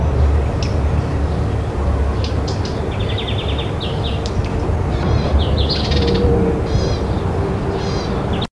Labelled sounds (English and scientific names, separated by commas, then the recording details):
Lesser Whitethroat (Sylvia curruca)
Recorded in the wild
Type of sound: song, call
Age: diverse
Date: 1975-07-02
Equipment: Halbspur, 9,5 cm/s
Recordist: Lütgens, Hans
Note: Flügges Junges und Altvogel: Gesang und Rufe